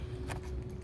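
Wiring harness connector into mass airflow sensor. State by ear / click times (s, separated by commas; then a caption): not seated / none. A plastic wiring harness connector is handled at a new mass airflow sensor on a 2003 Mitsubishi Eclipse GTS, replaced over a P0102 code, on a second attempt to plug it in. A soft broadband rustle peaks around 0.3 s over a steady low hum and rumble. Nothing has seated or clicked yet.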